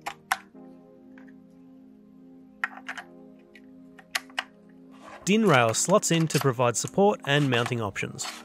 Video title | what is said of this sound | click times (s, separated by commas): How Bad is Resin 3D Printing for Air Quality? | each of the modules plug into each other with a satisfying click | 0.3 s, 2.6 s, 4.2 s, 4.4 s